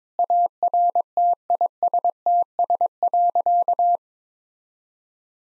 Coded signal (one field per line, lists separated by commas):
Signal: Morse code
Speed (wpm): 22 wpm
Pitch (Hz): 700 Hz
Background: none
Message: ARTISTS.